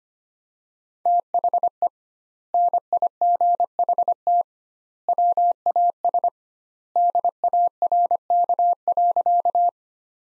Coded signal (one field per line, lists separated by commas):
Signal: Morse code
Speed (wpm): 25 wpm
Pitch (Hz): 700 Hz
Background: none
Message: THE NIGHT WAS DARK.